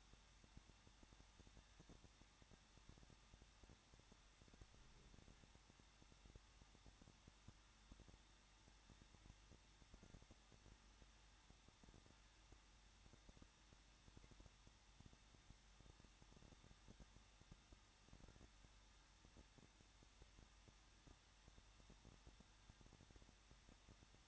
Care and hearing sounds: daily activity, microphone in the room; no activity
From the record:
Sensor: 3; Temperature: 21.2 degrees Celsius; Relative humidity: 36.3%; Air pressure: 1006.3 hPa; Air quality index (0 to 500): 222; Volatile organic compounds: 41 ppm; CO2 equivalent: 3166 ppm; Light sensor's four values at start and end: 2/3/2/2 and 2/3/2/2

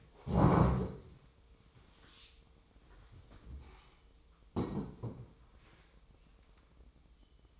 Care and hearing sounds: daily activity, microphone in the room; stand up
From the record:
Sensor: 1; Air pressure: 1005.1 hPa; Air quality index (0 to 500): 124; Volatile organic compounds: 5 ppm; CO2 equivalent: 1733 ppm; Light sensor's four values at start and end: 11/27/11/12 and 11/27/11/11

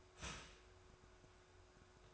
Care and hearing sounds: daily activity, microphone in the room; start toaster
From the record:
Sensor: 2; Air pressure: 1014.6 hPa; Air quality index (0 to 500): 201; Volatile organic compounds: 22 ppm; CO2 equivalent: 2757 ppm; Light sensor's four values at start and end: 3/9/3/3 and 3/9/3/3

